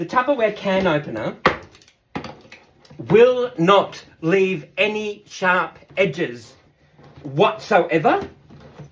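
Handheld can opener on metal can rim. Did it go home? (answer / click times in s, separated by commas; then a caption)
no / none. Someone talks while a handheld Tupperware side-cut can opener is handled against the rim of a metal food can, with a few brief handling knocks between about 1.7 and 2.9 seconds. Nothing has clicked or seated onto the rim yet.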